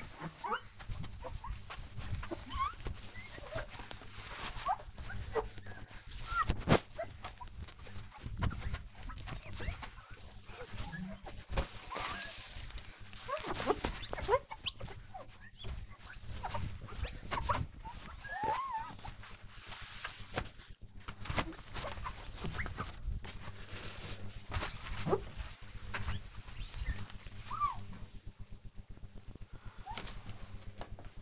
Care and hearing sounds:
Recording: household activities, microphone on the right wrist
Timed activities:
0.00-30.44 s: window cleaning

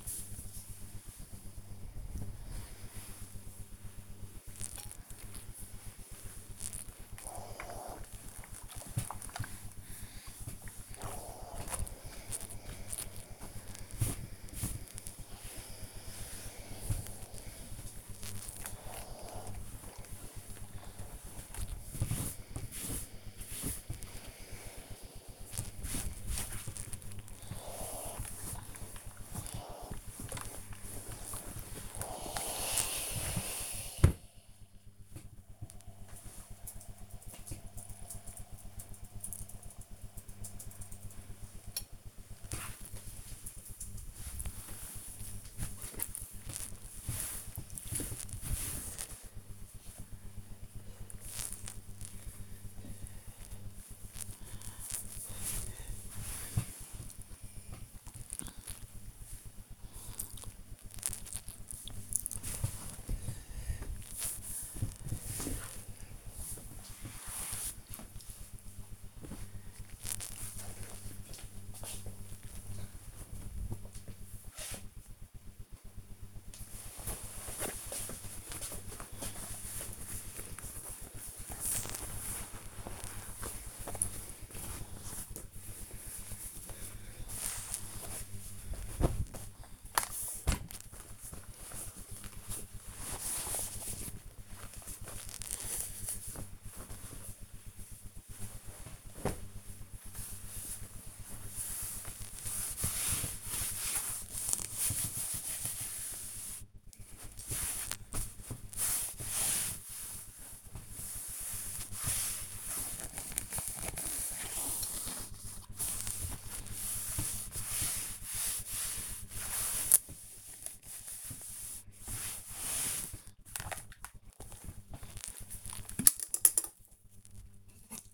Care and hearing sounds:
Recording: household activities, microphone on the right wrist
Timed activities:
0.00-35.16 s: ironing laundry
41.19-66.35 s: folding laundry
75.41-128.14 s: ironing laundry

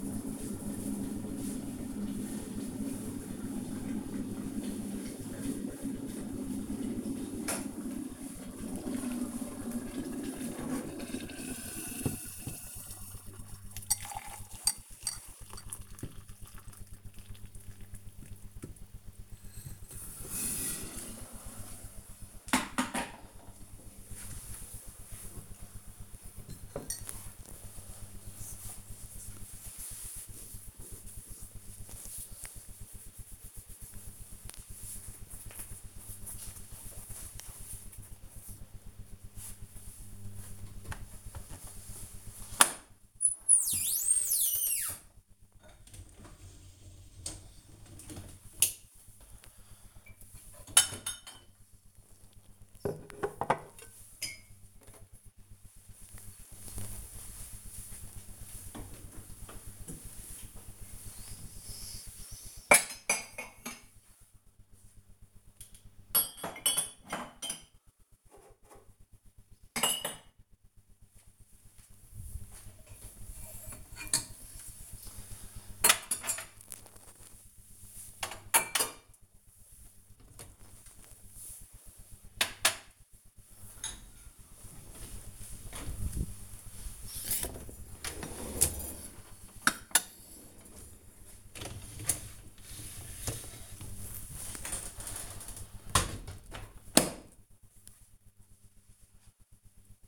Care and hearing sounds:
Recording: household activities, microphone on the right wrist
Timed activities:
0.00-23.33 s: making tea
40.47-95.90 s: cleaning out the dishwasher

